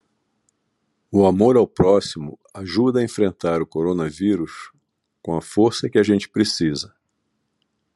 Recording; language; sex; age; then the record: spoken sentence; Brazilian Portuguese; male; 70 to 79 years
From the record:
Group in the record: control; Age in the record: 70 years